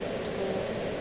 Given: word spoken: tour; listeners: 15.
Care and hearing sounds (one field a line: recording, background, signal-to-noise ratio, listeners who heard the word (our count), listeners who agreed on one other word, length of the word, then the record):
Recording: one English word in noise, from a listening test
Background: speech-shaped noise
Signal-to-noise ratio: -6.5 dB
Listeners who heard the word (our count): 0 of 15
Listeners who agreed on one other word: 10 of 15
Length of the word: 0.61 s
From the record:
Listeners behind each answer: 10, 2, 2, 1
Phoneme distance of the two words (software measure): 7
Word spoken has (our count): 1 syllable, 2 phonemes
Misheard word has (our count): 1 syllable, 3 phonemes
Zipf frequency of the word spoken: 4.76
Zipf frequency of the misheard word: 4.51